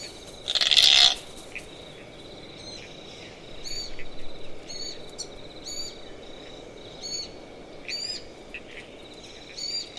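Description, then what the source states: Glossy Black Cockatoo giving one loud, harsh grating creak near the start, with sharp high chirps repeated in the background throughout. Adult female with young softly singing and hauntingly creaking in coastal she-oaks as light fades; autumn afternoon, marshy woodland by Durras Lake, Murramarang National Park, NSW, Australia; 31 March 2015.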